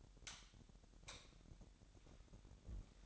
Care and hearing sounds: daily activity, microphone in the room; light off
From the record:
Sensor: 3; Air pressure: 1011.9 hPa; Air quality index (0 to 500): 227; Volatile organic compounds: 4 ppm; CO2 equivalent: 1690 ppm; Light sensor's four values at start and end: 16/40/16/16 and 13/32/13/14

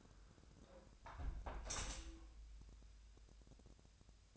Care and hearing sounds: daily activity, microphone in the room; close window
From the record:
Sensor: 2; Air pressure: 1014.8 hPa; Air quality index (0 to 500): 28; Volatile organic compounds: 1 ppm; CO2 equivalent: 521 ppm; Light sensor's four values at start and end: 8/20/8/8 and 8/19/8/8

